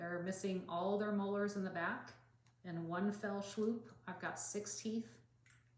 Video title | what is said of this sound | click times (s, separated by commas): Dentures | and it just snaps right in and now we've got teeth again | 5.5 s